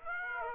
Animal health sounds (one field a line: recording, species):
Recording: mosquito wingbeat signal from an infrared sensor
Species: Aedes aegypti